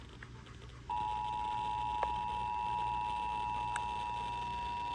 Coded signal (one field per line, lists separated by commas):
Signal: Emergency Alert System (SAME) tones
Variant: 853 and 960 Hz attention tone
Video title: EAS Severe Thunder Storm Warning EAS#272